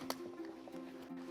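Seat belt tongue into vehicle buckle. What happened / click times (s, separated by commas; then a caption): The seat belt buckle latched / 0.1 s. A vehicle seat belt is routed flat and untwisted through the belt path of a True3Fit LX 3-in-1 car seat installed rear-facing, and its metal tongue is pushed into the vehicle buckle. A sharp click at 0.1 s, heard over steady background music, shows the buckle latching.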